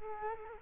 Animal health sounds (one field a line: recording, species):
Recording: mosquito wingbeat signal from an infrared sensor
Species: Culex quinquefasciatus